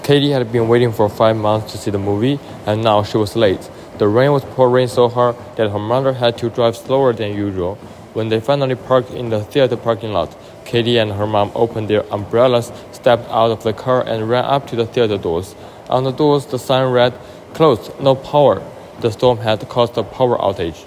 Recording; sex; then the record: reading aloud after running; male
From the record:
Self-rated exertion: moderate exertion (3 of 6); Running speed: 7 miles an hour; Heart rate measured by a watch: 132 beats a minute at the start, 126 at the end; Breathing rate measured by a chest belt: 16 breaths a minute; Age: 24 years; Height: 183 cm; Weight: 71 kg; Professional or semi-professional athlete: no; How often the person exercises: 1 to 2 times a week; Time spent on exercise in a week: under 1 hour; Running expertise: no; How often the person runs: under once a week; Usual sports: tennis